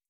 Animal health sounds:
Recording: hydrophone in a shrimp aquaculture tank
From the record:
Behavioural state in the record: starved

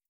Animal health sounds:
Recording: hydrophone in a shrimp aquaculture tank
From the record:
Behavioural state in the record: feeding

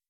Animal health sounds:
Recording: hydrophone in a shrimp aquaculture tank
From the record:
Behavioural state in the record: weakened

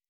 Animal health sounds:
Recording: hydrophone in a shrimp aquaculture tank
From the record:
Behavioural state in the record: weakened

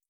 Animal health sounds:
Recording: hydrophone in a shrimp aquaculture tank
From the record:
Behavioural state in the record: feeding

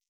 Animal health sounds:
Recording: hydrophone in a shrimp aquaculture tank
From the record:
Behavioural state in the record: stressed

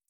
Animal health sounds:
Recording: hydrophone in a shrimp aquaculture tank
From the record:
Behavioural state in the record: feeding

